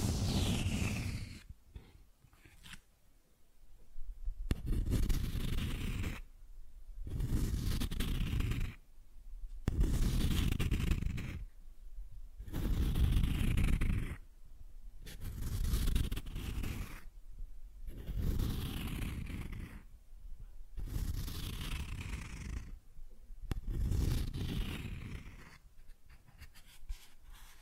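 Cardboard is scratched in repeated rough strokes, each lasting one to two seconds, with short silent gaps between them. The strokes come roughly every two to three seconds, with a heavy low rumble and a papery rasp that rises in pitch through some strokes.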